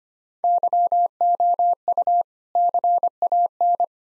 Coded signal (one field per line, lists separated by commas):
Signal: Morse code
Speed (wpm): 25 wpm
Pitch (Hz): 700 Hz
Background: none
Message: YOU CAN